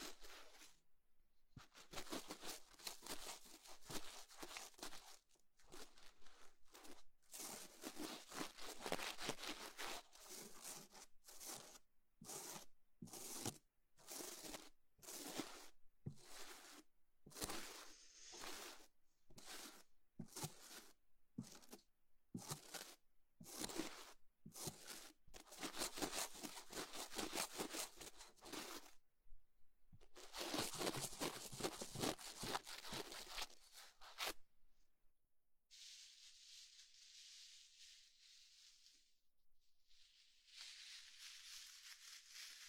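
Assorted odd objects being handled: a long run of rapid, dense scraping and rustling bursts, like tearing or zipping, chopped by brief silences. After about 35 seconds it thins to a quieter, steady high hiss with occasional soft rustles.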